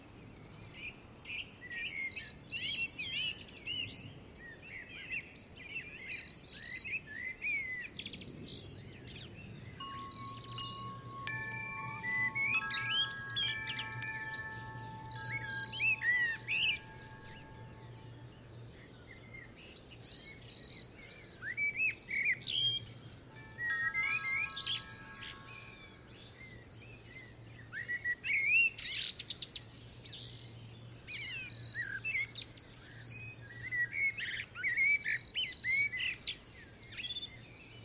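Birds chirp and sing busily throughout an English garden, their quick, bright calls overlapping. Wind chimes ring out in clear, sustained tones around the ten-second mark and again near twenty-four seconds, while a faint low hum sits underneath from about ten seconds on.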